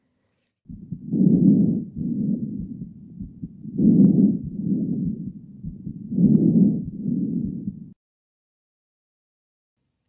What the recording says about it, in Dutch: Ook dat de inspiratie veel luider is dan de expiratie normaal ademgeruis ook wel vesiculair ademgeruis. Het betekent dat we een ruisend ademgeruis horen dat conform is met het openen van de alveoli bij het inademen.